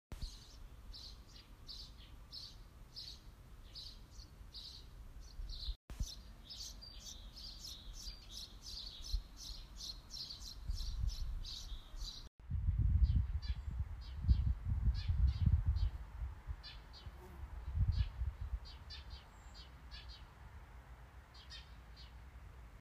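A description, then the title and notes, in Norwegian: Sparrows, house or tree, chirp in quick repeated bright bursts throughout, with short cuts near 6 and 12 seconds and low rumbling noise afterward. Lydopptak av gråspurv eller pilfink. Gråspurv hunn. Av Per Harald Olsen/NTNU.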